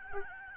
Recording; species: mosquito wingbeat signal from an infrared sensor; Aedes albopictus